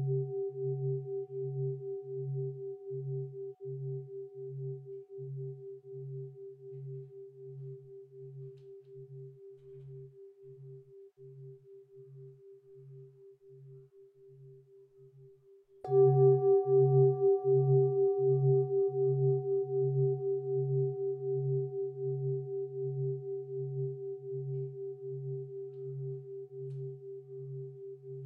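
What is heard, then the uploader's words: An ancient bell rings with a long, pure hum that pulses slowly as it fades, then is struck again around sixteen seconds, louder and brighter. The ancient bell.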